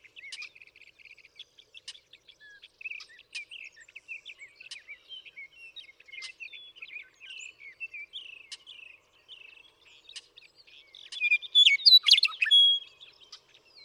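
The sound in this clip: Western meadowlark: steady, rapid, high chirping fills the first ten seconds, then a loud, rich, tumbling whistled phrase near the end.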